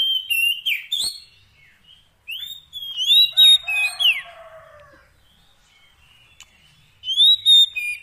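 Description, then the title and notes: Oriental magpie-robin singing, loud whistled phrases with sharp downslurs and high chirps in bursts, a quiet gap in the middle before singing resumes. Kacer fill-in tutor song of long duration, meant to get the bird singing heavily day and night. "Kacer Jadi Gacor Siang Malam. Isian Kacer Durasi Panjang"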